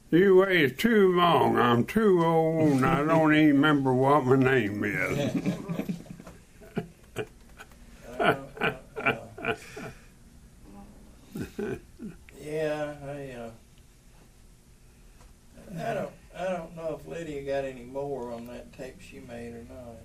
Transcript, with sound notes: You waited too long, I’m too old, and I don’t even remember what my name is [Laughing]
I, yeah, I…I don’t, I don’t know if Lydia got anymore on that tape she made or not.